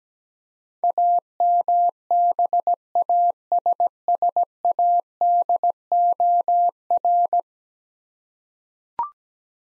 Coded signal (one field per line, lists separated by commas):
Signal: Morse code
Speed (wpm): 17 wpm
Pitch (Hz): 700 Hz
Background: none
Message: AMBASSADOR